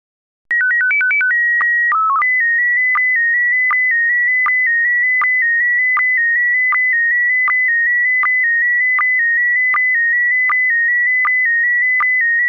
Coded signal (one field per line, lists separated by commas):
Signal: SSTV (slow-scan television)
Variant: PD 180